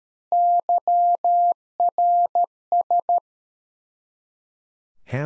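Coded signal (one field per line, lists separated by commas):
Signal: Morse code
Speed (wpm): 13 wpm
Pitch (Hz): 700 Hz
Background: none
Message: YRS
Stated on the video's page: Morse practice QSO at 13 wpm, head-copy drill of the more-information segment: ham FER, age, occupation.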